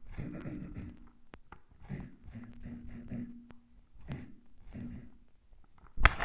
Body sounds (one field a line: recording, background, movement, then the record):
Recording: throat clearing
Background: quiet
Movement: sitting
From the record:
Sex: male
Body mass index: 23.7 kg/m2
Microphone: on the chest, facing the body